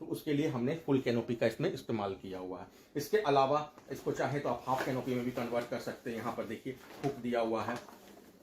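A canopy hook on the frame of a Mee Mee MM 50B pram is handled while the canopy is being set to its half position, with someone talking throughout. The hook has not locked yet, and nothing has clicked or seated by the end of the clip.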